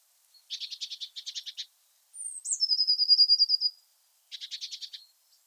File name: Cyanistes caeruleus